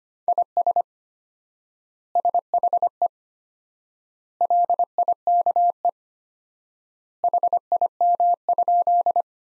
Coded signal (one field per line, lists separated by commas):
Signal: Morse code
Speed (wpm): 25 wpm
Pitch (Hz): 700 Hz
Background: none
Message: IS SHE LIKE HIM?